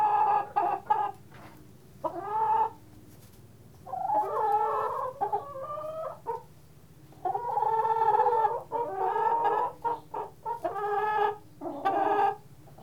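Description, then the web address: Chickens clucking and cackling in uneven bursts of harsh, nasal notes with short pauses between, over a steady low hum. "Tom's Jerry Apps Winter. chickens"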